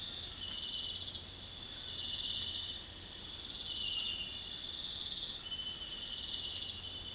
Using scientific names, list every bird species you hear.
none